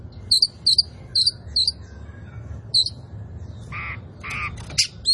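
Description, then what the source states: Oriental magpie-robin song: five sharp, high chirped notes, then after a pause two lower, buzzy harsh notes and a few more high notes. Local Indonesian name kacer poci; described as gacor, singing vigorously.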